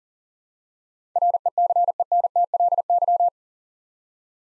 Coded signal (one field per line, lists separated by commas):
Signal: Morse code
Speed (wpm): 38 wpm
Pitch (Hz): 700 Hz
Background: none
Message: RECENTLY